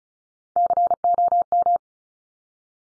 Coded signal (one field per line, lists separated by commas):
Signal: Morse code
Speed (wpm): 34 wpm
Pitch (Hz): 700 Hz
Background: none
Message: COM